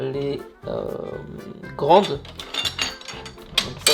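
While assembling an IKEA storage piece, a panel of the storage unit is fitted into its mating part as someone talks. Two sharp knocks sound at 3.6 s and 3.9 s as the parts snap together and seat, slotting in by themselves with disconcerting ease.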